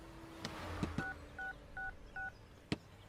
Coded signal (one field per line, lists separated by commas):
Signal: DTMF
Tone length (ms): 150 ms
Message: 6666